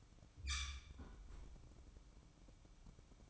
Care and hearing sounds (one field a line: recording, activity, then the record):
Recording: daily activity, microphone in the room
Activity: close fridge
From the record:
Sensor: 1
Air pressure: 1007.9 hPa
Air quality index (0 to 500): 102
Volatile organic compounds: 1 ppm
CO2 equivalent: 871 ppm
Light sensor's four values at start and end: 12/28/11/13 and 12/28/11/13